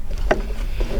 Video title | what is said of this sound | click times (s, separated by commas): Mastering Your Mechanical Sewing Machine | now when you put this back in you have to hear the click as | 0.3 s